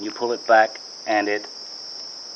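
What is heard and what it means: Someone talks while pulling back the string of a homemade 23-inch hardwood crossbow with a steel leaf-spring bow toward its trigger latch, over a steady high-pitched tone that runs throughout. The clip ends before the string catches, so nothing has clicked into place yet.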